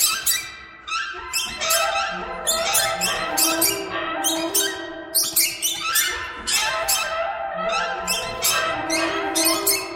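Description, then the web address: Birds chattering together, a busy stream of raspy, squeaky notes in overlapping bursts, continuous throughout. "soundfactory birds"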